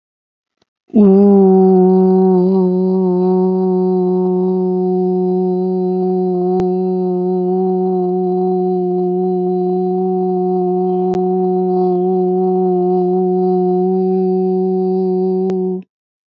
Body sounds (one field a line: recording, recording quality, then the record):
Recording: sustained vowel as in boot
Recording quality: excellent, no background noise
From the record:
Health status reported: healthy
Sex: female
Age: 38 years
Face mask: not worn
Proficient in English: yes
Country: India